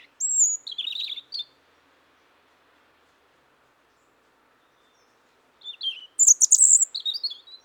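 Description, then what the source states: European robin singing two separate phrases several seconds apart, each mixing very high thin whistles with quick twittering, tumbling warbled notes. Autumn song of the robin, which resumes singing in autumn as northern migrants arrive.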